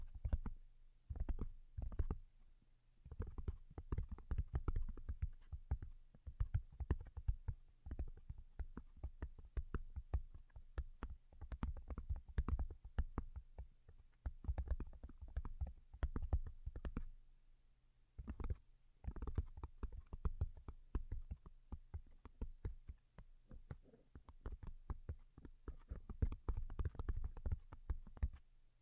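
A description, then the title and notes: Soft, delicate tapping continues throughout, in irregular clusters of quick, light taps with brief pauses between, the longest near eighteen seconds. Each tap is short and dull, with a low, muffled thump under it. A faint, steady low hum runs underneath. Most Delicate and Calming Tapping.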